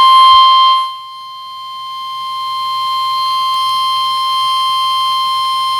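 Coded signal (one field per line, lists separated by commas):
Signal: Emergency Alert System (SAME) tones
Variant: 1050 Hz attention tone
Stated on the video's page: Required Weekly Test recorded at school on an iPhone.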